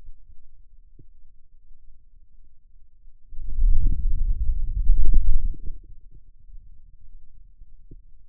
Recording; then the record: forearm muscle sounds (acoustic myography)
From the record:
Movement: wrist extension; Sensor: system 2, bracelet of six BSWA MPA416 microphones around the upper forearm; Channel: 2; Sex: male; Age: 22 years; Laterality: right